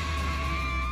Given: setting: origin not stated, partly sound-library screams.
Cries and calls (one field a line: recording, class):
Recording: one-second piece from a danger detection set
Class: woman in danger